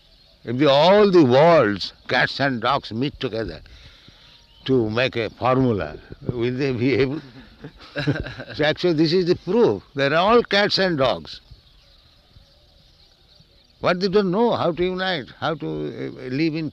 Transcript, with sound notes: If the all the world's cats and dogs meet together to make a formula, will they be able? [laughter] So actually, this is the proof. They're all cats and dogs. What do they know how to unite, how to live in peace?